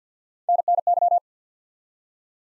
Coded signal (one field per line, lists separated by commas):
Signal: Morse code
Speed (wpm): 48 wpm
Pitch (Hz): 700 Hz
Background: none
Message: NNY